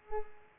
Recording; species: mosquito wingbeat signal from an infrared sensor; Culex pipiens